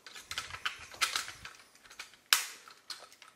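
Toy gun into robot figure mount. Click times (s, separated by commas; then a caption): 2.3 s. A plastic toy gun is fitted into its mounting point on a transforming robot figure, with light plastic clicks and rattling as it is handled. A sharp click at 2.3 s marks the gun clipping into place, seated.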